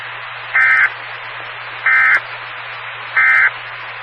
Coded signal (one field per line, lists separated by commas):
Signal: Emergency Alert System (SAME) tones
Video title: 2016-02-24 - W4BFB 145.2300 MHz Charlotte Regional Skywarn Repeater